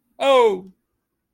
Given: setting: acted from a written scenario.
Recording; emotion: vocal sound without words; positive surprise